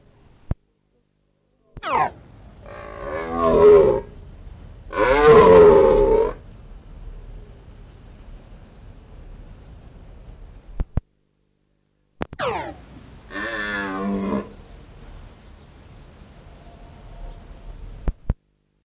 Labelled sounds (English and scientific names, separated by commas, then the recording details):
Red Deer (Cervus elaphus) rut call
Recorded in captivity
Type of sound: rut call
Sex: male
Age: adult
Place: Zoo Halle, Sachsen-Anhalt, DE
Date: 1960-10-14 10:00
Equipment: Reporter (Vollspur)
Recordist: Tembrock, Günter
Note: Brunftschrei. Aufnahmezeit: 10.00-14.00 Uhr